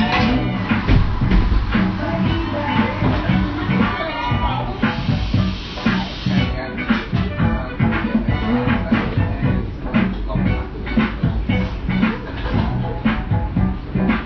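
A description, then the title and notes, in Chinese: A busy Melbourne café with a constant murmur of overlapping voices filling the whole clip. Chatter stays dense and fairly even in level, with frequent small clinks and knocks scattered throughout, and a brief hiss-like rush around five to six seconds. BBB这一家墨尔本咖啡馆。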